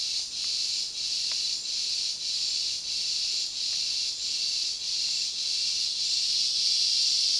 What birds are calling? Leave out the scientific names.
none